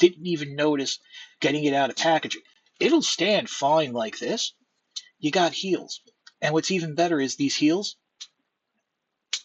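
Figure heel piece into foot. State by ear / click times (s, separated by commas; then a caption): seated / 9.3 s. A plastic heel piece on the foot of a Transformers Studio Series TFOne B-127/Bumblebee robot figure is folded out and snapped into its locked position for extra security in robot mode. Someone talks for most of the clip, then a short, sharp click is heard at 9.3 s as the heel seats in place.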